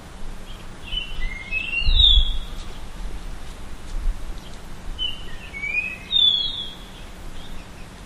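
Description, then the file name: Japanese grosbeak song: two clear whistled phrases of sliding, flute-like notes, with soft rumbling and a faint hum behind. "ikaru"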